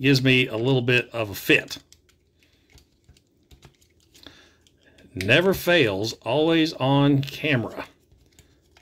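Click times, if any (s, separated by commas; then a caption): none. During transformation of a Studio Series 86 Wreck-Gar plastic transforming figure, a part is being worked up toward its slot on the figure body while someone talks. Between the speech, small faint plastic ticks and handling noises sound around 2.8 to 5.0 seconds and again near the end. Nothing has seated or clicked into place yet.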